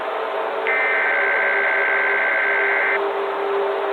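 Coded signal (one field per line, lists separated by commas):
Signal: Emergency Alert System (SAME) tones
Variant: header bursts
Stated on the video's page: Fictional EAS scenario, a horror recreation made with software, containing valid EAS tones.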